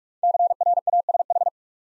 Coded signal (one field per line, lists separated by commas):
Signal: Morse code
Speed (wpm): 44 wpm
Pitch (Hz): 700 Hz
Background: none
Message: CRASH